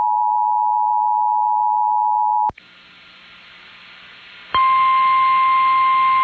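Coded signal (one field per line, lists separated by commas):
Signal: Emergency Alert System (SAME) tones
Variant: 853 and 960 Hz attention tone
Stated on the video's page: Flash flood warning carried on KNX.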